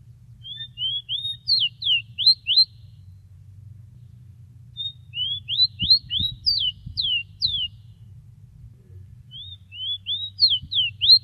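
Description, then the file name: Bird song in three clear phrases of sweet whistled notes, each phrase rising into sharp downslurred whistles, separated by pauses, over a low hum. "suara burung rowti omkicau"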